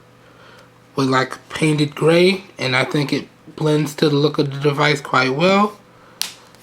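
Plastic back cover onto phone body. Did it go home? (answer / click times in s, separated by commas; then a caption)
yes / 6.2 s. Someone talks for most of the clip, then presses the removable plastic back cover shut on a Blu Studio Energy phone body. A single sharp snap is heard at 6.2 s as the cover seats; it had not been snapped closed all the way after the SIM card was taken out.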